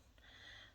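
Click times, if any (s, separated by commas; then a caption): 0.2 s. A plastic backing washer of a safety eye is pushed down the eye's ribbed post through the crocheted fabric of a doll head. A faint click is heard at 0.2 s over a soft, breathy hiss. The washer seats and is secure, unable to go any further.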